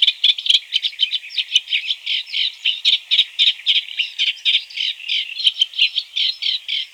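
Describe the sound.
Caspian reed warbler delivering a steady grating song, quick chattering units at roughly four per second, with occasional sharp higher ticks.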